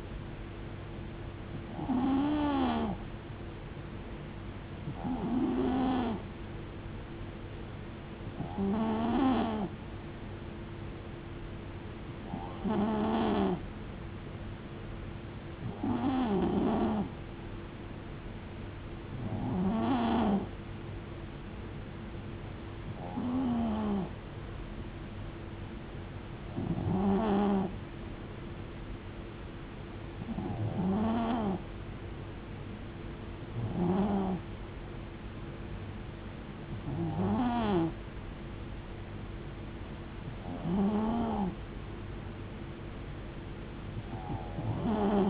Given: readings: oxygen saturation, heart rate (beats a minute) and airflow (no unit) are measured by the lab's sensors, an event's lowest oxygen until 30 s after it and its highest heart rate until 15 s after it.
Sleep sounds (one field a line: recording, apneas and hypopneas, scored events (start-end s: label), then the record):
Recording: breathing in sleep by a voice recorder at the bedside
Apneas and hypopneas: none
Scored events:
none scored
From the record:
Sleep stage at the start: N3 (deep sleep)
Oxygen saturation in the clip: 91 to 92%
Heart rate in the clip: 69 to 76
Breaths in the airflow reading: 13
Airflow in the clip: -4.2 to 2.7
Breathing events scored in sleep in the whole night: 389 in 6.3 hours asleep